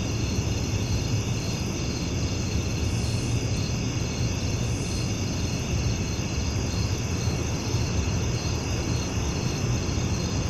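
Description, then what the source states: Crickets chirring together in a constant high-pitched chorus, with a loud steady low hum beneath it the whole time. Recorded at night.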